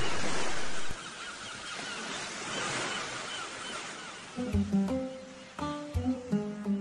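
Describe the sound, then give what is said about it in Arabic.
High sea waves crash in a steady, broad roar for several seconds, then a series of loud, honking bird cries breaks in over the surf toward the end. “والله شايف الموج عالي يا بني، يمكن جاي منخفض يابا في الطريق، الله اعلم.”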